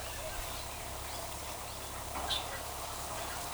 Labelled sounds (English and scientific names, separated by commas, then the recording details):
none
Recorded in forest near Pivijay, Magdalena, Colombia, on 17 April 2023 at 12:00
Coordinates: 10.467, -74.380
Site Z5-G034